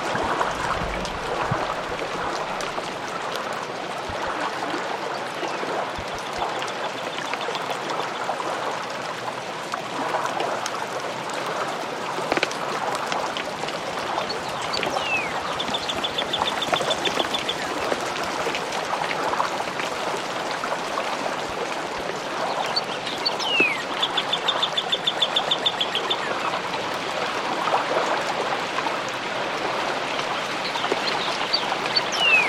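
A dawn chorus before a summer sunrise at Sauvie Island Wildlife Area, with a dense, steady wash of frog calling and bird song throughout. Bright whistled calls and trills break through, notably around 15–18 and 23–27 seconds, with scattered sharp chirps.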